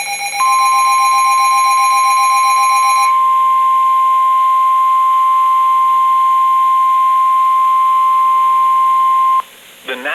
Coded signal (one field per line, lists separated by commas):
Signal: Emergency Alert System (SAME) tones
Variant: 1050 Hz attention tone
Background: speech